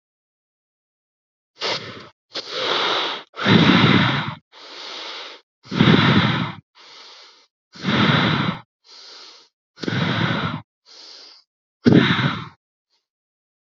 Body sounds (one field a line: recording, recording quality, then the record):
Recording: deep breathing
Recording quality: excellent, no background noise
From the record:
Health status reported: COVID-19 positive, mild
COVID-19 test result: positive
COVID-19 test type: RT-PCR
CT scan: not taken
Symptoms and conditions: sore throat, fever, fatigue, muscle pain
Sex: male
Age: 23 years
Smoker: no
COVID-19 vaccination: both doses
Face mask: not worn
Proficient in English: yes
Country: India